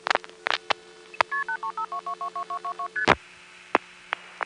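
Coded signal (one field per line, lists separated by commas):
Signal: multi-frequency trunk signalling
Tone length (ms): 100 ms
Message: KP8352222222ST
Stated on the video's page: Old telephone network recording from an NX1 crossbar exchange in Greenville NC.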